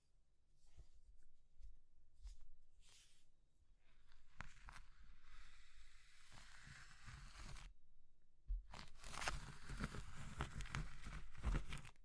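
Brittle crumbly material is crushed in irregular bursts, with dry crackling and scraping. The first half is softer, with scattered crunches and a stretch of grainy rubbing. After about eight and a half seconds the crushing turns louder, denser and brighter, with sharp snaps.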